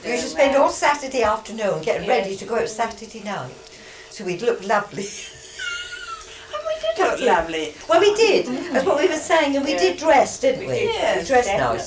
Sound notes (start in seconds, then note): 3.8 laughing; 5.1 laughs